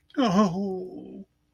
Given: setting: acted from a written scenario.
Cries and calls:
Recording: vocal sound without words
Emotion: embarrassment

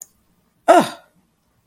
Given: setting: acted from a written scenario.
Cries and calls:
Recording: vocal sound without words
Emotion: contempt

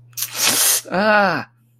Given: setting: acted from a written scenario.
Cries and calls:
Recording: vocal sound without words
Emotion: pain

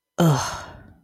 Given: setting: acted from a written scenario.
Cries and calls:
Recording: vocal sound without words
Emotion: shame

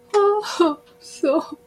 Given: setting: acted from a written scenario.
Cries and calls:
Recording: vocal sound without words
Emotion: sympathy

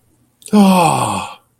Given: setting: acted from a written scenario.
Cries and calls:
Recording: vocal sound without words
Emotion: disappointment

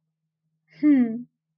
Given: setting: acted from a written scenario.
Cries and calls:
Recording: vocal sound without words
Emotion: desire

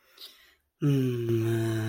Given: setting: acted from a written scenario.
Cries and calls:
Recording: vocal sound without words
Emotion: serenity

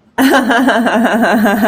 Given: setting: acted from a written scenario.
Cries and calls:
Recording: vocal sound without words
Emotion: amusement

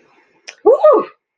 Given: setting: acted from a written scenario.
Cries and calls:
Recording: vocal sound without words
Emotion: triumph

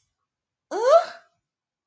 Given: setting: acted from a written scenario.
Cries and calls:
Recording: vocal sound without words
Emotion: negative surprise

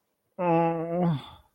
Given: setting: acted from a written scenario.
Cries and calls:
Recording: vocal sound without words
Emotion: shame

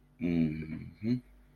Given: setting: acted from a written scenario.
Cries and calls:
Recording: vocal sound without words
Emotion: romantic love

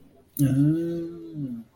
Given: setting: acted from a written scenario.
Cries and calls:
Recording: vocal sound without words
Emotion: contentment

